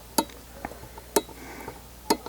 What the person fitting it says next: there we are, you can hear that positive click. Good.